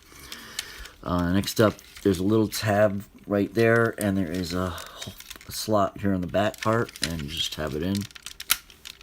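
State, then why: Seated. Someone talks while a plastic tab on one part of a 2001 Transformers RiD Ultra Magnus / God Magnus combining robot toy is pushed into a slot on the back part of the combined figure. A sharp click is heard at 8.5 s, and the tab seats in the slot.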